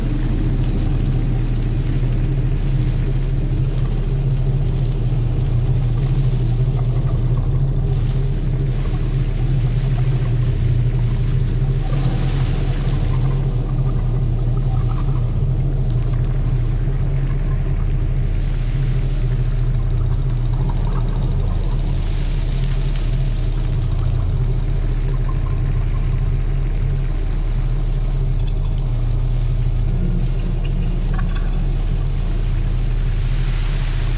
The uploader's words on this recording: This podcast provides a journey through an ocean soundscape of the future, with all sounds created from plastic objects found on a beach.